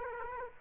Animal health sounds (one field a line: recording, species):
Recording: mosquito wingbeat signal from an infrared sensor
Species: Aedes aegypti